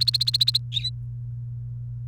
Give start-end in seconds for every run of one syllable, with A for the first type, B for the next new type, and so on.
0.00-0.58 A